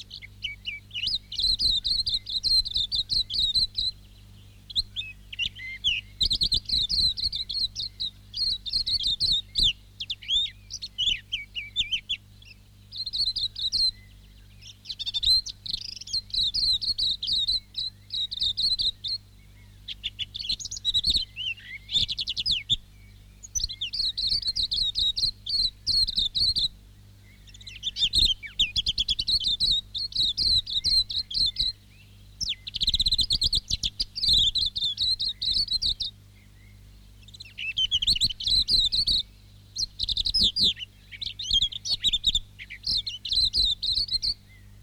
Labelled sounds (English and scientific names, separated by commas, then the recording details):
Silvereye (Zosterops lateralis)
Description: Silvereye/wax-eye song
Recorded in New Zealand